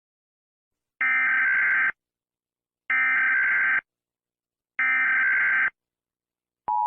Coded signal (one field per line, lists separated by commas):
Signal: Emergency Alert System (SAME) tones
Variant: header bursts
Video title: St. Patricks Day Special) EAS Short Scenario 18 - Unlucky Serial